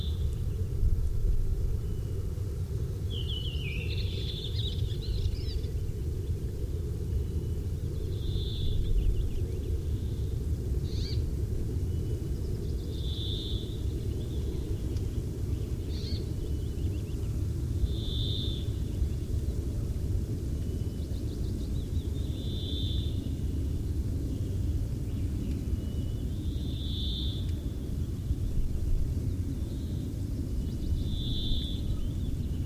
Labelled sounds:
Redwing
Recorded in the wild
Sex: male
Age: adult
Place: Halbinsel Kindo, Karelien, RU
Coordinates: 66.5378, 33.1525
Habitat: taiga
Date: 1990-07-03
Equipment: Uher 4000 Report Monitor, Sennheiser MKH 416 T
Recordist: Frommolt, Karl-Heinz

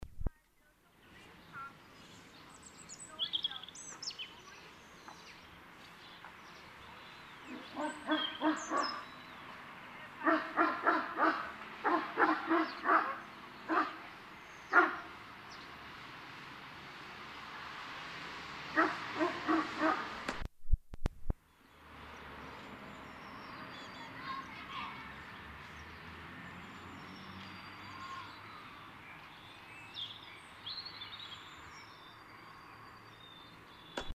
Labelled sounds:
European Robin song
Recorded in the wild
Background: Canis lupus f. familiaris, Homo sapiens
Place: Kaiserslautern, Rheinland-Pfalz, DE
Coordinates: 49.4283, 7.77889
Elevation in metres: 279
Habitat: garden
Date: 1977-03-06
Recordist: Tretzel, Erwin
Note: Garten, Kaiserslautern: Gesang

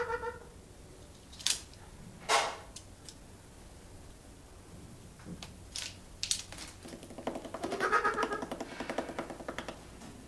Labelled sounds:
Trumpeter Hornbill
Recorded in captivity
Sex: pair
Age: adult
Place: Zoo Berlin, Berlin, DE
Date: 1997-10-18 11:46
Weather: sonnig, 12-15°C
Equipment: Nagra SN, Kopie Uher 4000 Report Monitor
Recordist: Tembrock, Günter

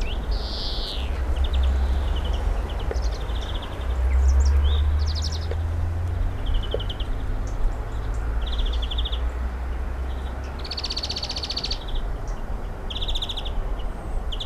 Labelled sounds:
European Greenfinch song
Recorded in the wild
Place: Oberstdorf, Bayern, DE
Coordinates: 47.415, 10.2603
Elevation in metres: 861
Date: 1980-04-06
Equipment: Uher 4000 Report
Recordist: Tretzel, Erwin

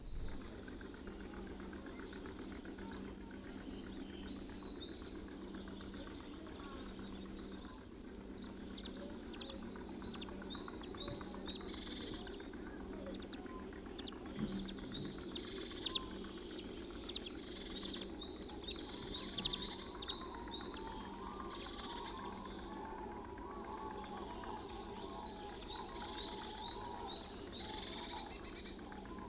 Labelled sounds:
Eurasian Blue Tit
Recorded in the wild
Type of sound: song, alarm call
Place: Schaabewald bei u. südl. Forsthaus Gelm, Insel Rügen, Mecklenburg-Vorpommern, DE
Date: 1969-04-26
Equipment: NAGRA III BH, Sennheiser MD21 mit Reflektor (d=75 cm, Glasfiber) und Stativ
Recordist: Schubert, Michael
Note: Gesang und Luftfeindwarnruf Blaumeise

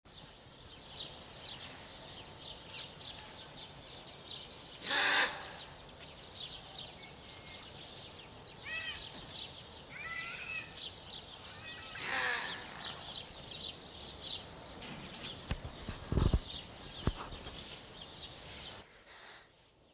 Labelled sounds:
Takin call
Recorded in captivity
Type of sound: call
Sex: diverse
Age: diverse
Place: Tierpark Berlin, Berlin, DE
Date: 1989-03-11 10:30
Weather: sunny, 5-12°C
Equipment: Sony WM-D6C, Kopie 19 cm
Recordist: Tembrock, Günter
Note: Weibchen und Kalb: Laute (nicht beobachtet). Beobachter bei anderem Weibchen und Kalb

